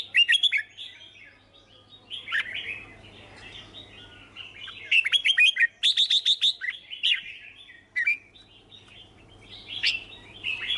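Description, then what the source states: Red-whiskered bulbul singing bright, slurred chirps in bursts with rapid clipped note runs around six seconds, over a low steady electrical hum. Song described as 'hót chè'.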